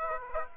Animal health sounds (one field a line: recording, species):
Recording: mosquito wingbeat signal from an infrared sensor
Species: Aedes aegypti